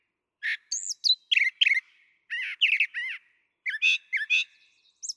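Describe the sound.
Brown thrasher song of varied doubled phrases: slurred whistles, harsh buzzy notes and sharp chips, given in quick succession with brief breaks.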